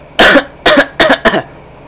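Four quick, harsh coughs in under two seconds, a sound effect.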